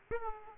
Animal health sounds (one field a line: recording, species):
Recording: mosquito wingbeat signal from an infrared sensor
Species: Aedes aegypti